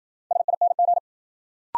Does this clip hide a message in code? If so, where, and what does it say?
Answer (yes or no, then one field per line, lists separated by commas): yes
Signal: Morse code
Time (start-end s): 0.3-1.0 s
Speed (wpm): 53 wpm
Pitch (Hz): 700 Hz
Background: none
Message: SING